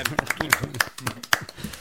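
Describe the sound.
Audience applause after a live song performance: a steady stream of sharp, bright hand claps at a quick, fairly regular pace, with a man's voice talking over the clapping throughout.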